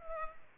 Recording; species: mosquito wingbeat signal from an infrared sensor; Culex pipiens